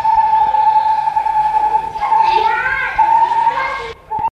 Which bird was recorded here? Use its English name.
Brown-headed Barbet